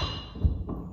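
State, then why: Not seated. A PRx Performance folding squat rack arm is handled as it is raised against the wall toward its wall-mount lock, with low thumps and rumbling around 0.4–0.5 s and a brief soft knock near 0.7 s. Nothing has seated or locked into place yet by the end of the clip.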